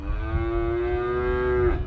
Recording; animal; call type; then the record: contact call of a hoofed animal; cattle; low-frequency (closed-mouth) or high-frequency (open-mouth) call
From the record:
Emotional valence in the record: negative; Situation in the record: full separation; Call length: 1.88 s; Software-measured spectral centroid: 1000 Hz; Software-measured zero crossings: 770 a second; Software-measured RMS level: -24 dBFS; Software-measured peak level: -11 dBFS